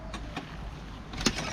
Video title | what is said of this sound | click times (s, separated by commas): CAMPERTOUR LAIKA | Ascolta il rumore che fa il tic. | 1.3 s